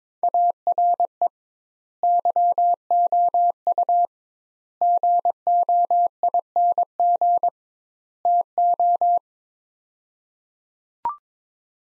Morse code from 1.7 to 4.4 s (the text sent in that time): YOU